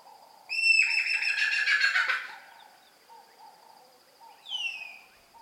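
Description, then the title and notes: Rock hyrax scream: a thin whistled note breaking into a harsh, rasping, pulsed shriek lasting under two seconds, over soft repeated low chirps, then a brief descending squeal. Heard in the African savanna at night; the scream is described as one of the weirdest calls there. "Rock Hyrax Sounds. If you're in the African savanna at night, there will be plenty of scary sounds, but one of the weirdest calls you might hear is the scream of the Hyrax"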